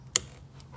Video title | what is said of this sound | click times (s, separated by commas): Auropola LED HeadLight Bulbs Combo Review and Installation | you will hear the click | 0.2 s